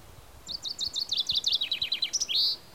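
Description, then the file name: Common chaffinch sings one full song, a rapid cascade of high chipping notes dropping in pitch and closing with an emphatic terminal flourish. "Fringilla coelebs"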